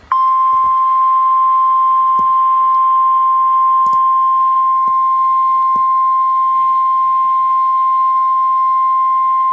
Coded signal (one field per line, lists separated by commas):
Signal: Emergency Alert System (SAME) tones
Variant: 1050 Hz attention tone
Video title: Tornado Warning for Pike and Warrick County With Reports of Wall and Funnel Clouds {EAS #1107}